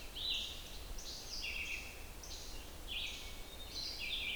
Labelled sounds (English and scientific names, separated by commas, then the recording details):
Red-eyed Vireo (Vireo olivaceus) song
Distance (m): 25 m
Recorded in boreal forest in Alberta, Canada, on 29 June 2016 at 06:04
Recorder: SongMeter 3, array SBT-6-79
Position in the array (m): 123 m, 193 m